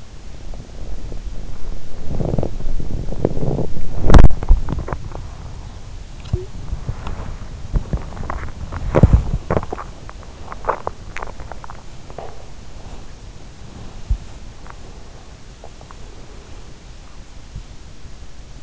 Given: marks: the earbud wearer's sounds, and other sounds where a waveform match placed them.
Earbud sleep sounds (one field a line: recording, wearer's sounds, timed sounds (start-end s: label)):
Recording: sounds in sleep by an in-ear microphone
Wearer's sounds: body movement, breath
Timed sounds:
0.00-18.63 s: body movement
15.48-17.30 s: breath